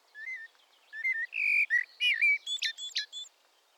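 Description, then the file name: Common blackbird singing: mellow slurred whistles that rise into a louder fluty phrase, finishing with a rapid run of thin, high twittering notes. "Turdus merula"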